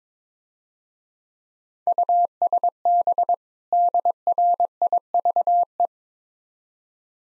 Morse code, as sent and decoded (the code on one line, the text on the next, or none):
..- ... -... / -.. .-. .. ...- .
USB DRIVE